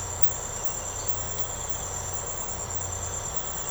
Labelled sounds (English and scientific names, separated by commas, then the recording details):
none
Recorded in secondary vegetation near Puerto Asís, Putumayo, Colombia, on 13 March 2025 at 04:30
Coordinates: 0.468, -76.324
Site G059